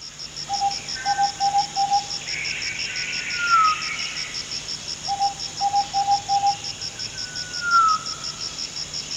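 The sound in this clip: Fluffy-backed tit-babbler giving two bouts of short hollow repeated notes, each followed by a falling whistle, with a constant high-pitched insect buzz throughout.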